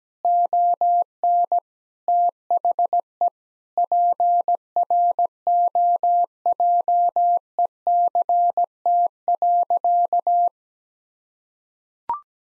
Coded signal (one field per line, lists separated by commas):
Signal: Morse code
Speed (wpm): 17 wpm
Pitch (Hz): 700 Hz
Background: none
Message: ON THE PROJECT.